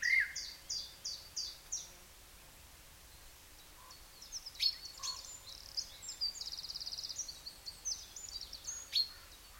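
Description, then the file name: Common blackbird calls: a quick series of short, high, thin notes, then scattered sharp clicks and a brief buzzy trill, over steady soft background noise. "Turdus merula"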